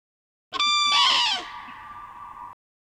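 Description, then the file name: Common crane uttering one loud, rasping trumpet call that settles into a long, steady ringing tone before cutting off. Played back. "Trane"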